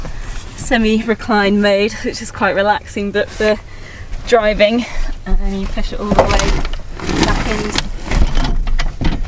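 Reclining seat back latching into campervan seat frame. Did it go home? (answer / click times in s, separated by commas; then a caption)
no / none. A reclining seat back in a Nissan e-NV200 fully electric DIY campervan conversion is pushed from semi-recline back toward upright while someone talks. Handling knocks and short bumps follow, and the clip ends before the seat back has latched, so nothing has clicked into place yet.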